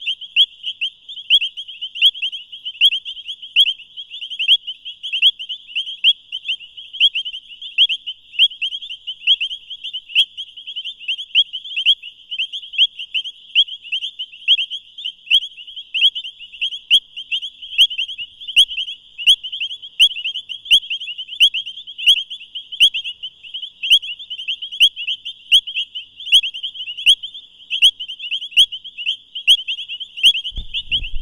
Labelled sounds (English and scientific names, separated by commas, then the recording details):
Painted Reed Frog (Hyperolius marmoratus) call
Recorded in the wild
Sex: male
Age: adult
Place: Camp Satara, Krüger Nationalpark, ZA
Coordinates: -24.4, 31.78
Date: 1996-01-12 22:19
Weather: 26°C, Luftfeuchtigkeit 60%
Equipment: Sony TCD-D3 (Longplay), Sennheiser ME 80, K 30 AV
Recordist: Gutsche, Alexander